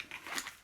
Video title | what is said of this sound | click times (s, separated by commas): KWC 1911 / AIRSOFT UNBOXING AND REVIEW | fits in locks into place can't fall lights on go anywhere mags don't disappear easy | 0.4 s